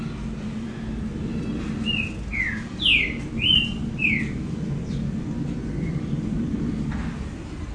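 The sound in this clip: Double-collared seedeater giving a short run of five sweet descending whistles, then falling silent, over a constant low hum.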